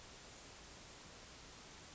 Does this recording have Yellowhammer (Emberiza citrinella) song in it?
no